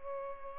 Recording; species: mosquito wingbeat signal from an infrared sensor; Culex pipiens